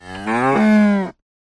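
Cow mooing once, a single drawn-out, rich lowing call lasting about a second that swells and then cuts off abruptly.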